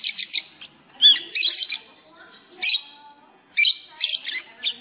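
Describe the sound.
Lovebird calling with a few sharp chirps, one loud squeaky note, then two short bursts of high chatter after a quiet gap.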